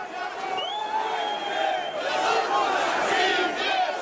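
A large crowd of demonstrators at a protest in Belarus, estimated at 3,000 to 40,000 people, marches through the streets chanting «Живи Беларусь!» ("Long live Belarus!") and shouting slogans together, a steady, loud roar of many raised voices with a few higher voices rising above it, continuing throughout.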